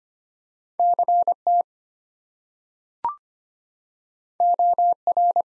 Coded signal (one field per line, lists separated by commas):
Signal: Morse code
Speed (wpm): 25 wpm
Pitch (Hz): 700 Hz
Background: none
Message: CT OR